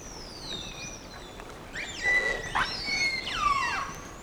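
Whale whistles: a slow descending tone at first, then a burst of overlapping squeals and sweeping whistles in the second half.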